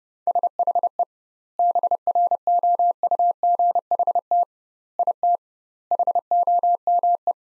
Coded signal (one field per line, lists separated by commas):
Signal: Morse code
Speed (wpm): 31 wpm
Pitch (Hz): 700 Hz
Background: none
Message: SHE BROUGHT IT HOME